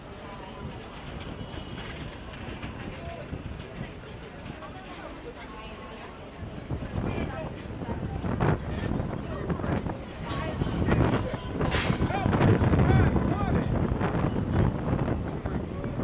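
A walk from Grand Central Terminal to Times Square, recorded binaurally, with a constant crowd murmur of overlapping voices and street traffic. It grows louder after about six seconds, with brief sharp clatters and footstep-like knocks scattered through the busier second half.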